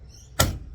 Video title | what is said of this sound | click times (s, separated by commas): Replacing a compression lock on a TITAN Canopy | till it clicks like so, and this latching bracket is out. | 0.4 s